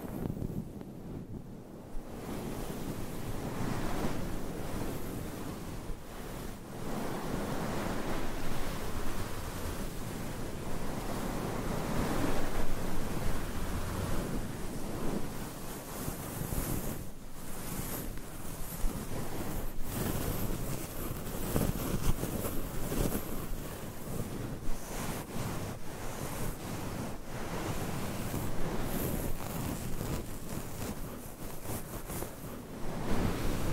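Microphone scratching fills the clip with dense, rough scraping and rustling after a quieter first two seconds. Quick strokes blur into a near-constant rushing, like wind or surf, broken by brief dips around 17 and 19 seconds.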